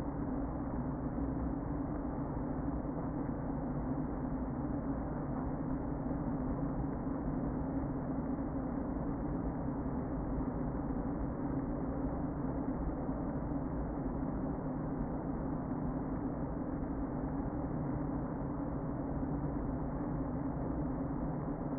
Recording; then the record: honeybee colony, microphone inside the hive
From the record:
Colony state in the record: queen present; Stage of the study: before two queens were removed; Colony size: about 60,000 bees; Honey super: yes